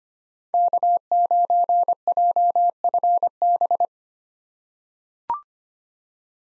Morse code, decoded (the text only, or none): K9JFB